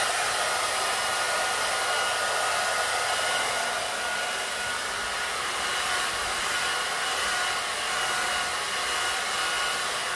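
A hair dryer blows steadily from start to finish, a dense, bright rush of air with a thin whine running through it. The level barely changes, with no switching or pauses, and the sound has little low rumble underneath.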